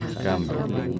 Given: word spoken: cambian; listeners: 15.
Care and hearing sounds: one Spanish word in noise, from a listening test; eight-talker babble; -1.7 dB; 0 of 15; 7 of 15; 0.59 s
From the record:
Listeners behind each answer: 7, 3, 1, 1, 1, 1, 1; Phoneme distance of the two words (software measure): 17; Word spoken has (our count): 2 syllables, 7 phonemes, stress on syllable 1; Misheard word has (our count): 2 syllables, 6 phonemes, stress on syllable 1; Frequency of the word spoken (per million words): 11.29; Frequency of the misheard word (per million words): 306.85

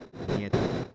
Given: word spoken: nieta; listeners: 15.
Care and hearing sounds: one Spanish word in noise, from a listening test; noise modulated by one talker; -9.3 dB; 0 of 15; 6 of 15; 0.55 s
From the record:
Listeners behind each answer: 6, 5, 2, 1, 1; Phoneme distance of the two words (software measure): 10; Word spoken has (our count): 2 syllables, 5 phonemes, stress on syllable 1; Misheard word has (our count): 2 syllables, 5 phonemes, stress on syllable 1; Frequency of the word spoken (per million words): 4.11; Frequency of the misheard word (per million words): 17.19

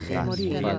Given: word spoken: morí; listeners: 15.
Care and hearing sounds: one Spanish word in noise, from a listening test; four-talker babble; -1.3 dB; 1 of 15; 11 of 15; 0.39 s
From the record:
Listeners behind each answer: 11, 1, 1, 1, 1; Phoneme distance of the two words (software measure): 7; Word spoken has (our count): 2 syllables, 4 phonemes, stress on syllable 2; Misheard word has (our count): 2 syllables, 5 phonemes, stress on syllable 2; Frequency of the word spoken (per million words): 0.38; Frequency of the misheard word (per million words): 57.09

